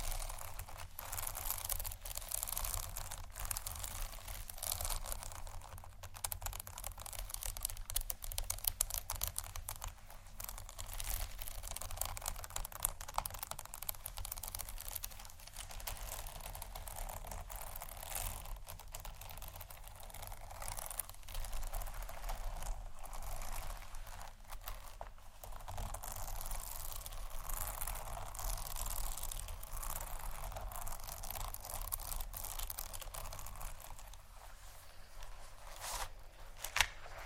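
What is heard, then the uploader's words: Textured bags rustle and crinkle steadily throughout, a dense, bright, crackly handling sound with frequent small snaps and a low rumble beneath. ASMR 4 Textured Bags 1 Hour（No Talking）.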